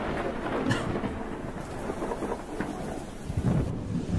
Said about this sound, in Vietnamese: Mặc kệ, tiếng mưa, tiếng sấm sét, tiếng trống vẫn cứ tùng tùng tùng tùng vang lên từng hồi.